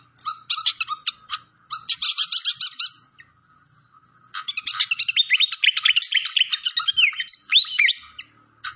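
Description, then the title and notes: Malaysian pied fantail song: two bursts of fast trilled chatter, a brief pause, then a long lively run of chirps and upslurred whistles. Clear-voiced song on a masteran (training recording) for cage birds. "Masteran Sikatan Kipas Suara Jernih Dan Suara Gemericik Air. Suara Burung Sikatan Londo"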